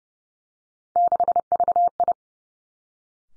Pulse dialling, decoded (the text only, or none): none